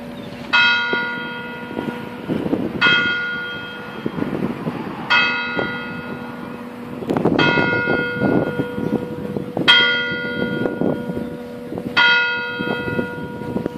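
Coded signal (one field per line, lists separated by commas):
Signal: clock strike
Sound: six slow, evenly spaced strikes of a single church bell, each ringing out and fading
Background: outdoor murmur, distant voices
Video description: Alle 12:01 e 30 secondi, parte il segnale orario e poi la distesa della campana maggiore.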